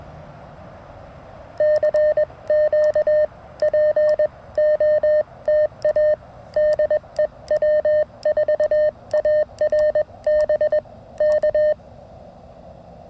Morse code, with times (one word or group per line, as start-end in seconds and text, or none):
1.6-3.2 CQ
3.6-6.1 POTA
6.6-10.8 DEW4ARB
11.2-11.7 K